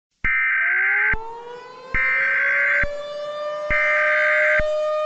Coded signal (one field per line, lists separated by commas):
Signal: Emergency Alert System (SAME) tones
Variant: header bursts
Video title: EAS Scenario #4: Sense of Injustice